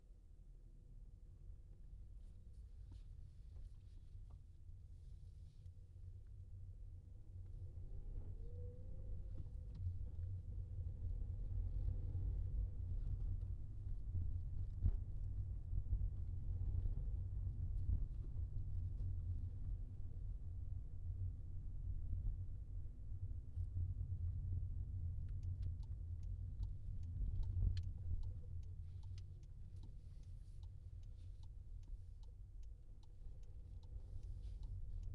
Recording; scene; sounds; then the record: everyday scene through a hearing-aid microphone; in a vehicle; engine, rumble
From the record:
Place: Skoda Fabia, gasoline engine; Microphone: in the ear canal, left